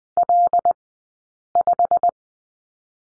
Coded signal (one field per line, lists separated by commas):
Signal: Morse code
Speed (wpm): 20 wpm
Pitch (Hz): 700 Hz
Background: none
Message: L5